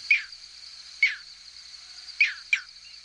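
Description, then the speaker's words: Green heron flight calls: four short, sharp high notes, the first three about a second apart and the last following quickly, over a steady high hum. Nocturnal flight call given by a bird migrating at night; such signature calls allow species identification. "Known as nocturnal flight calls, many species can be identified based on their signature sound, like this green heron."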